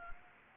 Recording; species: mosquito wingbeat signal from an infrared sensor; Anopheles gambiae